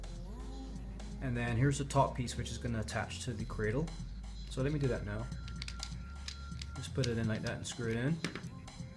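Someone talks over background music while fitting the top piece of a ReTrak Bluetooth selfie stick into the smartphone cradle and screwing it in, with a few brief handling ticks around 5.6 to 6.6 seconds. The clip ends just before the part goes home, so nothing has seated or clicked yet.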